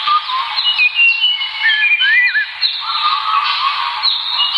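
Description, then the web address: Birds squeak and chatter in a dense, overlapping chorus, with twisting slurred whistles and quick chirps sounding without a break. "birds asiatori"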